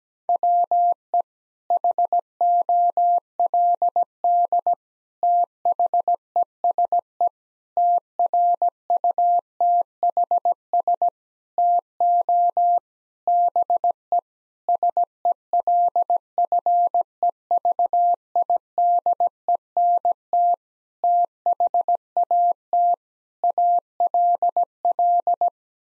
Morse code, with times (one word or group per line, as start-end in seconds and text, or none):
0.3-1.2 WE
1.7-4.7 HOLD
5.2-7.3 THESE
7.8-11.1 TRUTHS
11.6-12.8 TO
13.3-14.2 BE
14.7-20.5 SELFEVIDENT
21.0-22.9 THAT
23.4-25.5 ALL